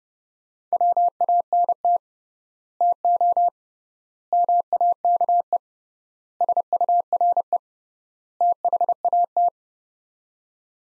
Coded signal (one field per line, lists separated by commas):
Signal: Morse code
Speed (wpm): 30 wpm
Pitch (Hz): 700 Hz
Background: none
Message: WANT TO MAKE SURE THAT